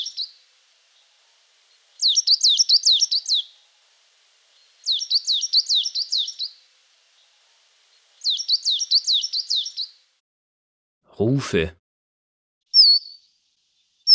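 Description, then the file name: Coal tit song: three bright, high phrases of quickly repeated two-note units, each about 1.5 seconds, separated by pauses, with a brief low thump and a few short high calls near the end. "blv 1999 tannenmeise"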